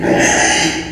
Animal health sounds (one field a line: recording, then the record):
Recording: squeal of a Yucatan mini pig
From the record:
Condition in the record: before surgery on the right vocal fold (resection and tissue-engineered implant)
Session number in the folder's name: 3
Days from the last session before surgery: 0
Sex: female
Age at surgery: 19 weeks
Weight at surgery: 25 kg